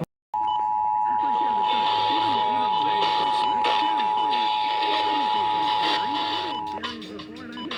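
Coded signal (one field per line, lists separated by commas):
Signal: Emergency Alert System (SAME) tones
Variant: 853 and 960 Hz attention tone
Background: speech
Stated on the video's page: Ohio Required Weekly Test on EAS/NOAA Weather Radio.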